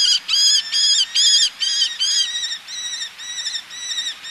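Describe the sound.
Eleonora's falcon calling with loud, harsh, arched notes in quick succession, the later ones slightly softer and more clipped.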